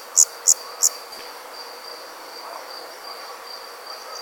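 Insect sound opens with three quick high chirps, then only a thin steady high-pitched drone continues until one last chirp at the very end.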